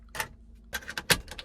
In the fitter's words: it feel it click in